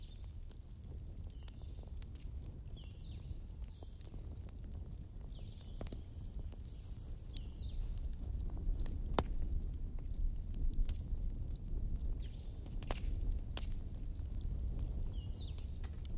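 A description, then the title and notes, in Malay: A campfire burns with a steady low roar and scattered sharp pops and crackles, growing louder after eight seconds, with faint chirps above. Bunyi 'UNGGUN API'.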